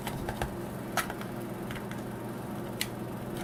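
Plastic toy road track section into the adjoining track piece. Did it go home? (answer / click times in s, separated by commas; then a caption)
yes / 2.8 s. A plastic Minic Motorway toy road track section is pressed into the adjoining track piece while the level crossing is being refurbished. A low steady hum runs under a few faint ticks, then a sharp click at 2.8 s as the piece clicks into place and is seated.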